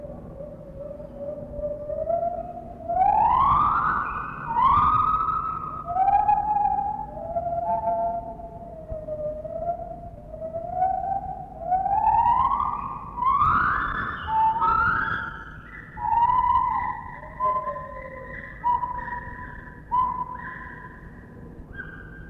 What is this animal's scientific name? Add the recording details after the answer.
Hylobates lar. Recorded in captivity. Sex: pair. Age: adult. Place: Zoo Berlin, Berlin, DE. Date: 1960-10-16 12:15. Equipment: Minifon, Kopie Smaragd. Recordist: Tembrock, Günter. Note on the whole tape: Laute des Paares nach der Fütterung. Innenaufnahme